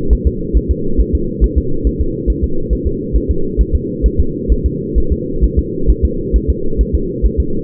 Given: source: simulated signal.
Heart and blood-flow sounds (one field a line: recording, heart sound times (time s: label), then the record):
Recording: fetal heart sounds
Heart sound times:
0.13 s: S1
0.27 s: S2
0.57 s: S1
0.71 s: S2
1.00 s: S1
1.15 s: S2
1.44 s: S1
1.58 s: S2
1.87 s: S1
2.01 s: S2
2.30 s: S1
2.44 s: S2
2.73 s: S1
2.87 s: S2
3.16 s: S1
3.31 s: S2
3.61 s: S1
3.75 s: S2
4.06 s: S1
4.20 s: S2
4.52 s: S1
4.66 s: S2
4.98 s: S1
5.12 s: S2
5.44 s: S1
5.59 s: S2
5.90 s: S1
6.05 s: S2
6.36 s: S1
6.50 s: S2
6.81 s: S1
6.95 s: S2
7.25 s: S1
7.40 s: S2
From the record:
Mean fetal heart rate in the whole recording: 135 bpm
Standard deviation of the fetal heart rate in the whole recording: 3 bpm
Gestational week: 34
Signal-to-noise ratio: -8.1 dB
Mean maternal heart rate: 72 bpm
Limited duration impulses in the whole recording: absent